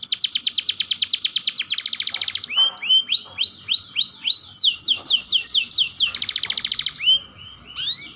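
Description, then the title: Atlantic canary song opening with a long rapid trill, then a long series of repeated whistled slurs. Vigorous singing with long rolling trills. "Kenari Gacor Dor Roll Panjang"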